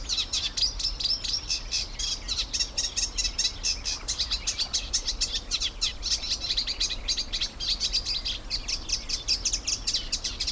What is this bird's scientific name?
Acrocephalus scirpaceus